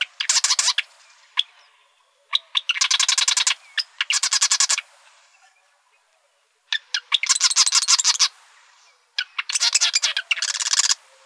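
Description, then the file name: Marsh wren with loud, grating rattled bursts of quick notes, several main runs spaced a few seconds apart with scattered single ticks between. Arizona, 4 July 2003. "MAWR 3 deviche"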